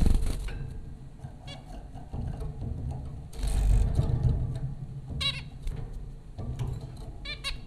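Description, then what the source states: Zebra finch calls: a few quick nasal beeps early on and short clusters near the end, with a loud low rumble filling the background. At Popcorn School, Flatbush, Brooklyn, New York, on April 15, 2009.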